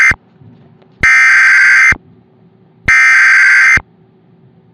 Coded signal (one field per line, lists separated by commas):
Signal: Emergency Alert System (SAME) tones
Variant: header bursts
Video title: [EAS Mock] "West Salem Wild Fire" (NOV 14, 2010)